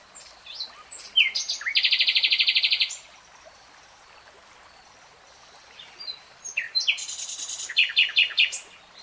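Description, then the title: Nightingale song: a harsh buzzy churr lasting over a second, a quiet pause, then another phrase of loud chattering notes. Nightingale singing in real time. "[Tiếng chim hót] 3 Hours REALTIME Nightingale Singing"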